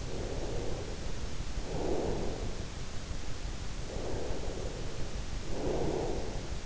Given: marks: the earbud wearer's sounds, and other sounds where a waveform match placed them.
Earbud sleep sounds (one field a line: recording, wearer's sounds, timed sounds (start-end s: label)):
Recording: sounds in sleep by an in-ear microphone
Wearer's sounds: breath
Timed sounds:
0.02-2.71 s: breath
3.92-6.66 s: breath